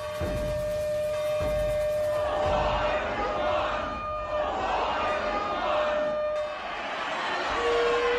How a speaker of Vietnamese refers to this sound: Tiếng chiêng, tiếng tù và hòa lẫn và tiếng trống vang lên dồn dập, một bầu không khí vô cùng náo nhiệt. Khi mà sau mỗi hồi tù và, toàn bộ dân làng bái lại một cách đồng loạt.